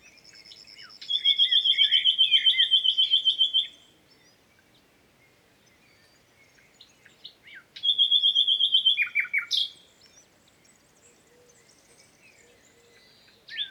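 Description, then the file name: Common nightingale delivering two loud, rapid rattling trills, each lasting a few seconds, separated by a long pause with faint scattered notes. "Luscinia megarhynchos"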